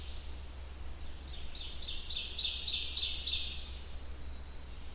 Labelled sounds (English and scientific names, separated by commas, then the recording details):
Ovenbird (Seiurus aurocapilla) song
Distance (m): 35 m
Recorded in boreal forest in Alberta, Canada, on 28 June 2016 at 07:20
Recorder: SongMeter 3, array SBT-6-79
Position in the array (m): 2 m, 94 m
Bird 40